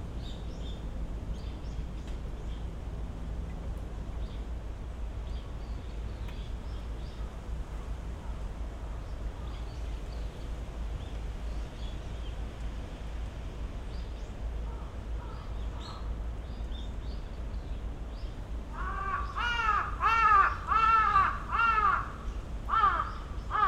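Wind rushes steadily through tall trees over a low rumble of traffic, with faint scattered chirps and murmurs. Near the end, from about nineteen seconds, a brighter burst of birdsong or chattering calls rises suddenly and repeats.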